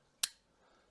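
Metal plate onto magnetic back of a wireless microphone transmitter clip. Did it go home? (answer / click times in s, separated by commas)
yes / 0.2 s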